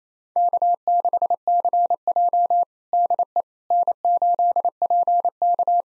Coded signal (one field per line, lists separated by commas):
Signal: Morse code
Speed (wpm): 27 wpm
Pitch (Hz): 700 Hz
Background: none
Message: K6CJ DE N8PK